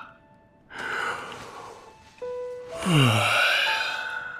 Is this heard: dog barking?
no